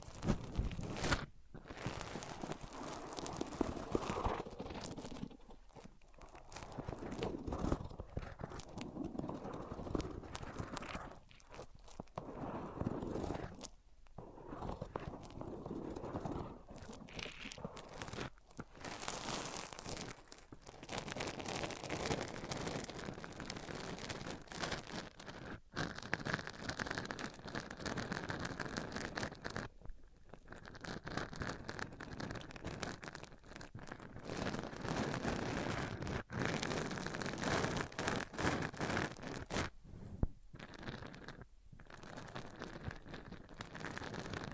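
Microphones are rubbed across different surfaces, giving a dense, scraping friction noise that runs almost continuously. The rubbing swells and eases in uneven strokes, broken by brief silent gaps near 1, 6, 14, 30 and 41 seconds, with occasional sharper knocks.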